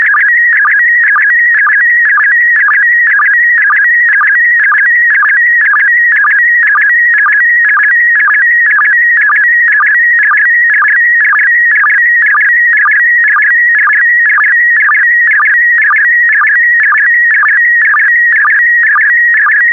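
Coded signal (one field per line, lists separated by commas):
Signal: SSTV (slow-scan television)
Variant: PD120 mode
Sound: steady warbling whistle around 2 kHz with rhythmic low blips about twice a second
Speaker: complete. You can now check your decoded image against the picture that is shown on the video.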